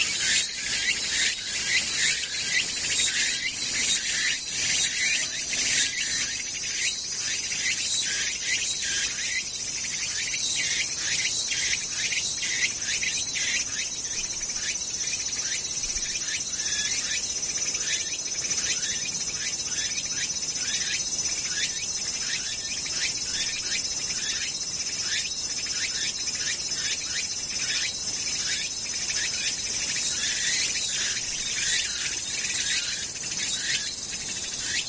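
Cicadas drone in a dense, steady high-pitched shrill throughout, with fast pulsing ticks running through it and no change over the whole stretch.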